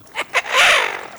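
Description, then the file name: Eurasian wigeon giving two short clipped notes followed by a loud whistled call that rises and then falls away. Recorded in Russia. "RU Свиязь Fischione"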